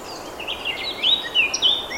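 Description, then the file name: Eurasian blackcap giving a brief burst of sweet whistled notes, a couple of them sliding upward, over steady hiss. "Sylvia atricapilla"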